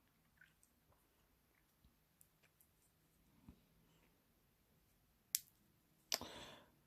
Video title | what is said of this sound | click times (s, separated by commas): S10 Plus UK Version | you go hear that click | 5.4 s, 6.1 s